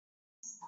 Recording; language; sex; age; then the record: short text; Brazilian Portuguese; male; 70 to 79 years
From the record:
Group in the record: control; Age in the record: 71 years